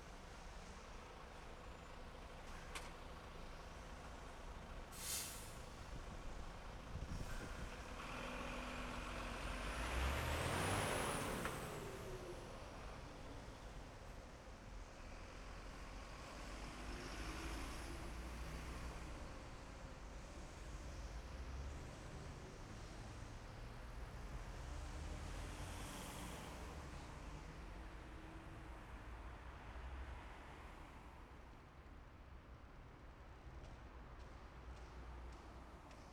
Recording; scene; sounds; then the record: everyday scene through a hearing-aid microphone; in traffic; traffic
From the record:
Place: main city hub, rush hour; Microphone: behind the ear, left, front